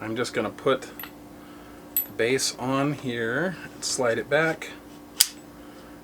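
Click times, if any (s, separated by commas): 5.2 s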